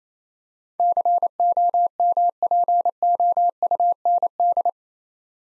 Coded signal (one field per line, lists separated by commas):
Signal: Morse code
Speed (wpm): 28 wpm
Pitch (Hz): 700 Hz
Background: none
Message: COMPOUND